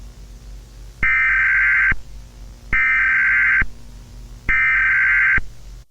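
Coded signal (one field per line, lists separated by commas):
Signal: Emergency Alert System (SAME) tones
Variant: header bursts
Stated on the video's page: Fictional scenario alert with voice acting, not a real activation.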